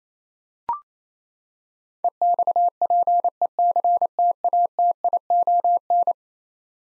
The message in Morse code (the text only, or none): EXPECTATION